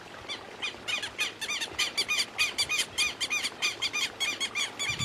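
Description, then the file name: Southern lapwing giving loud, harsh, shrill notes repeated in an uneven rapid series over faint background noise. "canto do quero quero"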